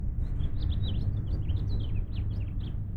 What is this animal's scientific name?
Haemorhous mexicanus